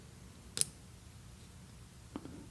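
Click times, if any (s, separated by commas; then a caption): 0.6 s. A crimped metal wire terminal is pushed into a plastic sealed-series multi-pin connector housing for the custom cigarette lighter accessory wiring on a Honda motorcycle. A sharp, bright click is heard at 0.6 s, followed by a much fainter tick at 2.2 s over a quiet background. The terminal seats firmly in the housing.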